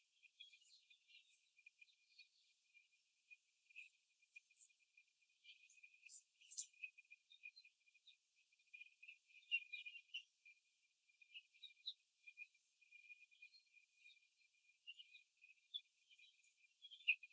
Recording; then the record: young laying hens in a cage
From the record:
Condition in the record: before the stressor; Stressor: simulated dog barking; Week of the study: 3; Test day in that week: 2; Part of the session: 2